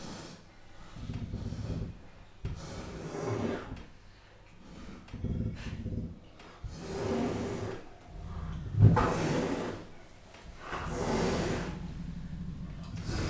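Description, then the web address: Leopard chuffing: short breathy puffs and low snorts recur every second or two, uneven in strength, with one sharper burst near nine seconds. Captive leopards in a zoo in Jászberény, Hungary, 2015, chuffing and growling. "jaszberenyizoo 2015 professzionalis leopard"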